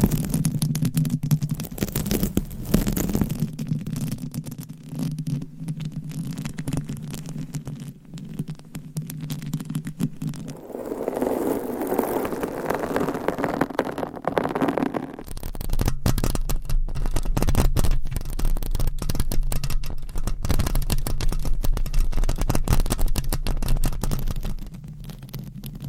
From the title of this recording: Different Mic Covers & Nails Mic Scratching , Massage